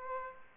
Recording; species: mosquito wingbeat signal from an infrared sensor; Aedes aegypti